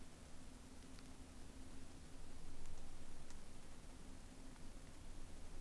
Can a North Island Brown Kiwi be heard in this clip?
no